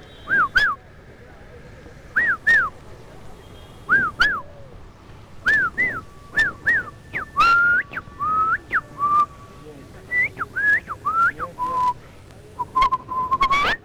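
Someone whistles a tune during a live radio broadcast from the Plaza de Caicedo, in short, bright notes that swoop up and down, some held slightly longer, while sharp clicks and taps punctuate the melody throughout. No one speaks.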